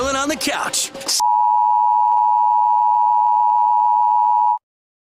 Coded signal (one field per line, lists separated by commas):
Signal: Emergency Alert System (SAME) tones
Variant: 853 and 960 Hz attention tone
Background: speech